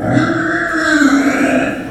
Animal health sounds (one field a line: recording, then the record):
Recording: squeal of a Yucatan mini pig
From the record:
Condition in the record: after surgery on the right vocal fold (resection and tissue-engineered implant)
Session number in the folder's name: 4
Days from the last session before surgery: 26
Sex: female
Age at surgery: 19 weeks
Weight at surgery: 25 kg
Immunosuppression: prednisolone